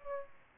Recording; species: mosquito wingbeat signal from an infrared sensor; Aedes aegypti